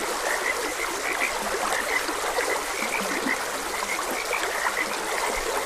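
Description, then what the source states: Frogs giving rapid, repeated croaking notes in a dense chorus while a stream flows steadily in the background. Frogs croaking beside a gentle stream.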